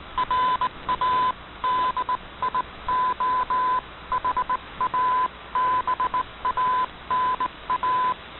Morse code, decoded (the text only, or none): RADIO HABANA